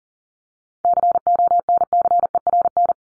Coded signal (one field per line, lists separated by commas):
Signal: Morse code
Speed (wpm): 40 wpm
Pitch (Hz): 700 Hz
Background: none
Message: CONCERN